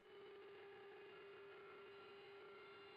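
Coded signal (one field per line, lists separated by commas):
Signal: PSK63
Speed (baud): 62.5 baud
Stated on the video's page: RSGB 3.5 MHz Club Championship data contest operating, streamed live.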